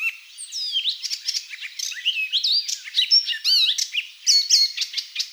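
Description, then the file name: Icterine warbler delivering a restless song, mixing sliding whistles, scratchy buzzes and quick chirps in an unbroken varied stream. "Hippolais icterina"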